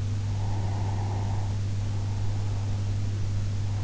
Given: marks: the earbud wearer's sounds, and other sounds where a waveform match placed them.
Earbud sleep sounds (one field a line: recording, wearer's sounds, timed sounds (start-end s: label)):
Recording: sounds in sleep by an in-ear microphone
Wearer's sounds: breath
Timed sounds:
0.45-3.35 s: breath